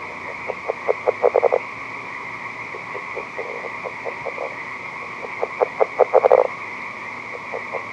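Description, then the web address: California red-legged frog making two bursts of low pulsed notes that quicken into dense clusters, with scattered single pulses between, over a steady background hum. "r draytonii sounds"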